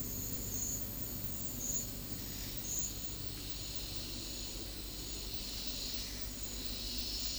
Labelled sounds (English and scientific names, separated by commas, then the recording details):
none
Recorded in dense forest near Puerto Asís, Putumayo, Colombia, on 19 February 2024 at 10:30
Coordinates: 0.500, -76.322
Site G6465